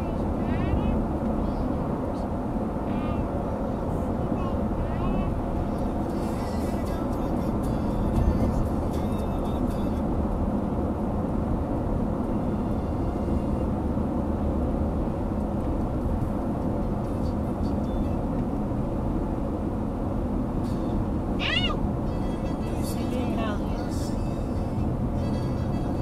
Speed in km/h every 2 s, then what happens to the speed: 72, 77, 77, 76, 74, 70, 69, 67, 65, 62, 60, 59, 58.
0-5 steady at about 77. 5-17 slows to 62. 17-26 steady at about 59.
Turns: none.